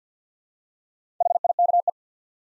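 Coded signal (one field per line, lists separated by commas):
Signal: Morse code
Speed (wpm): 50 wpm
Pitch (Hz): 700 Hz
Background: none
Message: HIKE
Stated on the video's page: Morse practice at 50 wpm: easy words, each with a context hint for copying.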